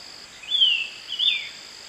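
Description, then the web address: Ringed antpipit, a pair of bright descending whistles in quick succession, the second slightly shorter, with a continuous insect buzz in the background. Eastern lowlands of South America. "Natures Songs S America Eastern Lowlands. Ringed Antpipit"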